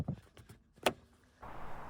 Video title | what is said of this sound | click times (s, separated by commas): Get To Know Parts of your Renault Laguna 3 Engine Bay 2007 - 2015 | until you heard the click | 0.9 s